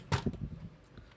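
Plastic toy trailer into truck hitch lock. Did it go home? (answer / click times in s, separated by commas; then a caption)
no / none. A plastic toy trailer is pushed onto the hitch of a Transformers Studio Series Age of Extinction Optimus Prime toy truck, making a sharp plastic knock near 0.1 s, a few softer bumps over the next half second, and a faint tick near the end. Nothing clicks into place: the trailer does not lock in, and the attempt breaks the lock.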